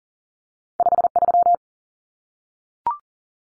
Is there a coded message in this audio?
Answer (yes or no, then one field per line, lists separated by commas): yes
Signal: Morse code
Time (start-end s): 0.8-1.5 s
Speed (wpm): 40 wpm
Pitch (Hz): 700 Hz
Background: none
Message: 53